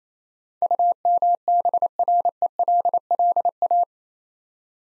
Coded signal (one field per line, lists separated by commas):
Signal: Morse code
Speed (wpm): 29 wpm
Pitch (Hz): 700 Hz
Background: none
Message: UMBRELLA